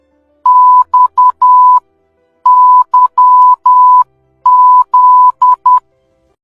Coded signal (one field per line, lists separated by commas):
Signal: Morse code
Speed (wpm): 10 wpm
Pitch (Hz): 1000 Hz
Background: none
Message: XYZ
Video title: morse Code#Knowledge#Sign Language#work#Mindgames#alfabets#Country#Code#comedy #tabeladinamica